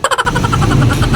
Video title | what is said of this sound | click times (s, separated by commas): Honda click PANO buksan Ang compartment Ng Honda click nang walang susian#click125v3 #hondaclick125 | Maririnig niyo yung click ng ano ng upuan. | 0.0 s